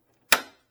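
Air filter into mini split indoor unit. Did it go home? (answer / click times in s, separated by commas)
yes / 0.3 s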